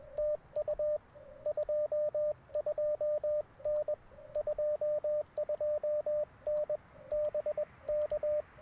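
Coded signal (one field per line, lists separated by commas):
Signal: Morse code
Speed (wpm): 21 wpm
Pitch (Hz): 600 Hz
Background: radio noise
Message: TU 22N 22N BK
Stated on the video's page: QRP CW POTA activation using Icom IC-705, AlexLoop magnetic loop antenna and Bamatech paddles.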